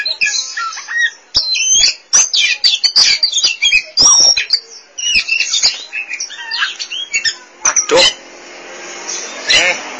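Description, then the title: Oriental magpie-robin song, dense varied whistles and chatters, ending with a harsh raspy note. Song (kicauan). "Suara Kicauan Burung Kacer"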